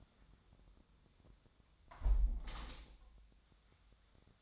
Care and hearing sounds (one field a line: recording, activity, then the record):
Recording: daily activity, microphone in the room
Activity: close window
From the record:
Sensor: 3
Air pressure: 1006.4 hPa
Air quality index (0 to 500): 188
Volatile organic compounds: 13 ppm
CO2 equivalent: 2384 ppm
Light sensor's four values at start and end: 10/24/10/10 and 9/22/9/9